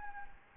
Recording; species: mosquito wingbeat signal from an infrared sensor; Anopheles gambiae